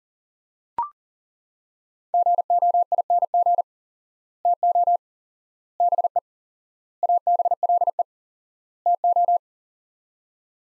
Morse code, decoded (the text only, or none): GOING TO BE ABLE TO